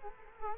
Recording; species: mosquito wingbeat signal from an infrared sensor; Culex quinquefasciatus